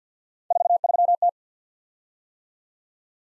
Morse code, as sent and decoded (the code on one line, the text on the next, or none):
....- ...-- -
43T